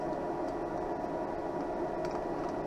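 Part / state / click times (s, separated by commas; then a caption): cut prescription lens into plastic sunglasses frame rim / not seated / none. A cut prescription Crizal Sapphire lens is handled and tucked into the outside corner of the plastic rim of an Oakley 8046 AirDrop sport sunglasses frame. Only a steady, broadband handling noise is heard, with no sharp transients. Nothing has seated or snapped into the groove yet.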